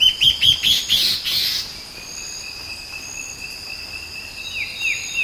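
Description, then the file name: Bird calls: a short cluster of clipped, bright notes at the start, then a steady high drone, with a few falling slurred notes near the end. "SABIOD 50 bird 2015"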